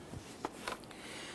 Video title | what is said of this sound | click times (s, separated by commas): How to Replace Throttle Body Assembly 2011-2021 Jeep Grand Cherokee 3.6L V6 | press that on you're going to feel it and hear it click into place | 0.5 s